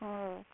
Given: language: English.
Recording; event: throat vibration sensor signal played as sound; speech